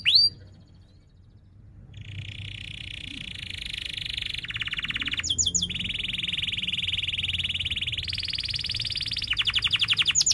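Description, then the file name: Canary song: after a brief note and pause, a long continuous rolling trill that changes pitch several times, with quick chip bursts between tours. Canary in strong continuous singing (gacor), with cuit-cuit chirps and a sharp rolling (ngerol tajam) song style. "Suara Kenari Gacor Cuit Cuit Ngerol Tajam"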